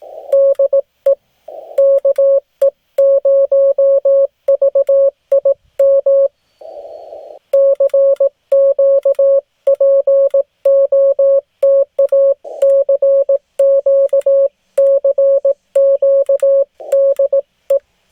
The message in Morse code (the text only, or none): DE KE0VIM CQ POTA CQ CQ DE